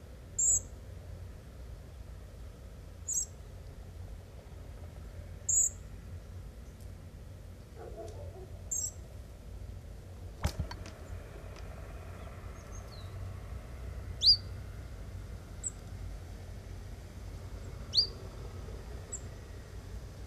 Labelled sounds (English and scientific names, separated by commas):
European Robin (Erithacus rubecula) call